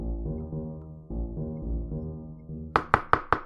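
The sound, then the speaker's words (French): Soft, sustained musical tones play, then four sharp, evenly spaced knocks rap on the wooden door of a wooden house in quick succession, each one loud and crisp over the fading music. “À peine celui-ci eut-il refermé la porte que le loup frappa.”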